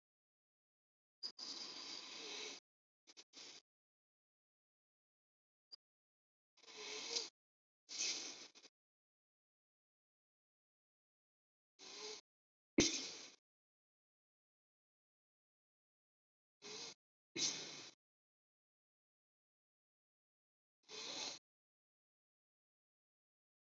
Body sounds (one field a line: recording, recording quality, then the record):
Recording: deep breathing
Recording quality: excellent, no background noise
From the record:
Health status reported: healthy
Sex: male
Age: 47 years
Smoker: yes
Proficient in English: yes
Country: India